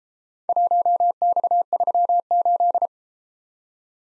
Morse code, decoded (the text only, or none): 1X38